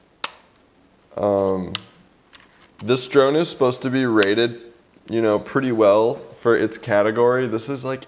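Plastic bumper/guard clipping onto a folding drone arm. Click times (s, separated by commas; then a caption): 0.2 s. A small plastic bumper clips onto the folding arm of an Eachine E511S drone and clicks into place with a single sharp snap at 0.2 s. A faint tick follows at 2.4 s, and then someone talks.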